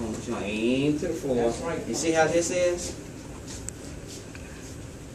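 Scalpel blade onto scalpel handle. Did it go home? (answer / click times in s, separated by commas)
yes / 3.7 s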